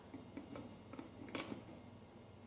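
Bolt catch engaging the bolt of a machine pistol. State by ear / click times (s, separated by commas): not seated / none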